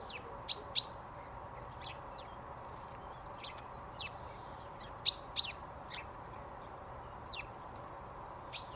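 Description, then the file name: Common chaffinch calls, short sharp high chirps, often in quick pairs, repeated at irregular intervals over a steady background hiss. "Fringilla coelebs"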